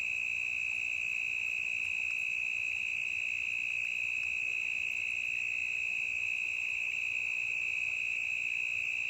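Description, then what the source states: Cricket giving a constant sharp, ringing trill on one high pitch, with a few faint clicks higher up. Intense cricket chirping in a forest, stereo recording.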